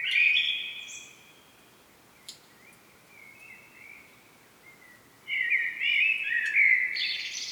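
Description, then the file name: Common blackbird singing a fluting warbled phrase, then a pause with soft faint notes, then a second richer phrase rising into thin high twitters. "Turdus merula"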